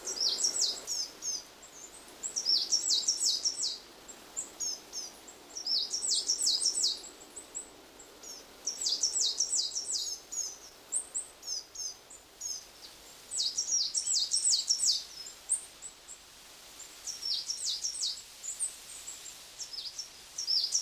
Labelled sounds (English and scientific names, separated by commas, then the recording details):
Great Tit (Parus major)
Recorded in the wild
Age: adult
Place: Ückeritz, Insel Usedom, Mecklenburg-Vorpommern, DE
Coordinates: 54.0117, 14.0658
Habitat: mixed forest
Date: 1983-09-21 14:39
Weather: sunny, 16°C, gusty winds
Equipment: Nagra SN, Sennheiser MKH 416 T, Kopie Uher 4000 Report Monitor
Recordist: Tembrock, Günter